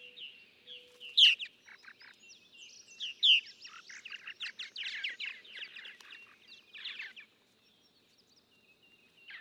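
Purple martin song: scattered gurgling chirps and croaky notes, bursts separated by short pauses, ending in near silence after seven seconds.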